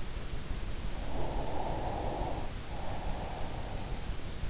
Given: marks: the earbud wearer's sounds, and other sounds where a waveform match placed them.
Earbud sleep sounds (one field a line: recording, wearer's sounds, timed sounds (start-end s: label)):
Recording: sounds in sleep by an in-ear microphone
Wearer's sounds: breath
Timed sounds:
0.88-4.20 s: breath